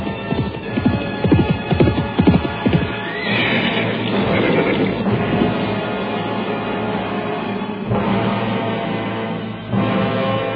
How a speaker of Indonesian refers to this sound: Penunggang kuda itu yang tak lain adalah Ranggalawe, terus melarikan kudanya meninggalkan Majapahit.